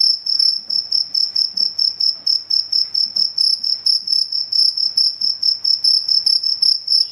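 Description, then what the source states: Cricket producing bright, high chirps in distinct short bursts, roughly two per second, evenly spaced against a quiet background. Cricket chirping played as a sound to repel mosquitoes, insects and rats.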